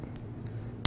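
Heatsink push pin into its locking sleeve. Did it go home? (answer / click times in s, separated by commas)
yes / 0.9 s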